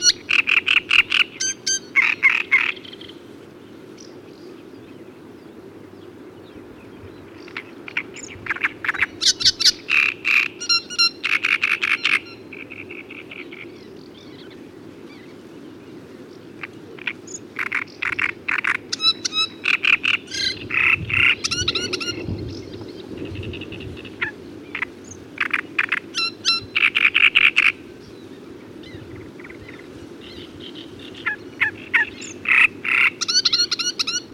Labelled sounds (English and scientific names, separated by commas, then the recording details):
Great Reed Warbler (Acrocephalus arundinaceus) song
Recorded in the wild
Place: Dassow, Mecklenburg-Vorpommern, DE
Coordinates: 53.963, 10.938
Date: 1980-05-26
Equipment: Nagra III BH, Sennheiser MD 21, parabola
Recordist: Schubert, Michael